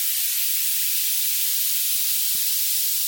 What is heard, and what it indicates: Sounds like a high-pitched hiss or sizzle, a lot like running water from a faucet. That's supposed to help drown out the tinnitus. Sweeping violet noise.